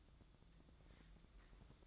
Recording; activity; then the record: daily activity, microphone in the room; light off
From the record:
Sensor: 3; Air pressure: 1007.9 hPa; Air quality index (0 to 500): 106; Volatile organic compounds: 1 ppm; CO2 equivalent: 886 ppm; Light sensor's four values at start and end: 9/22/9/9 and 9/22/9/9